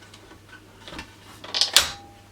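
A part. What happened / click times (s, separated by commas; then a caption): The quick-release mount snapped into its receiver / 1.6 s, 1.8 s. Loose quick-release base mounts are repositioned on a sim-rig footplate and pushed into the footplate receiver. After soft handling taps, sharp clicks sound at about 1.6 s and 1.8 s, the second one loud, as the mount seats. The fit is pretty secure.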